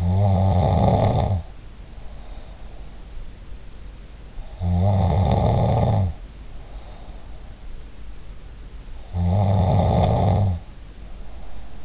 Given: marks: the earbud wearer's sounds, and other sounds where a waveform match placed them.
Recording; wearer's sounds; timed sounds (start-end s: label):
sounds in sleep by an in-ear microphone; snoring breath
0.00-2.99 s: snoring breath
4.59-7.37 s: snoring breath
9.12-11.85 s: snoring breath